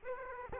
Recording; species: mosquito wingbeat signal from an infrared sensor; Aedes aegypti